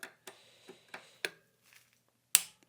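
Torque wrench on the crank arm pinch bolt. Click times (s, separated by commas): 2.3 s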